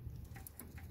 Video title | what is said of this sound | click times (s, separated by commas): Hardwire fuse box vcm tuner 2 | it to go all the way in and click | 0.5 s, 0.6 s